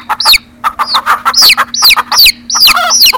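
Chicken calls: high, downslurred notes repeated quickly and unevenly, some of them overlapping.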